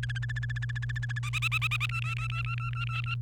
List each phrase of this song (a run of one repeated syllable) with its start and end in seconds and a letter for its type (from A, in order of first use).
0.03-1.19 A, 1.23-1.86 B, 1.89-3.15 C